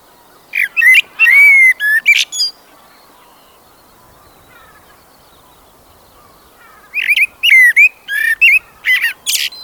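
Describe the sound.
Common blackbird song: a rich fluty phrase with a high twittered ending, a quiet gap of over four seconds, then another whistled phrase trailing into scratchy high notes.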